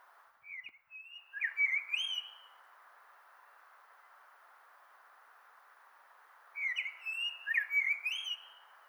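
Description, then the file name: Common blackbird song: two separate warbled phrases of fluty whistles with high twittery endings, about four seconds of quiet hiss between them. "Turdus merula"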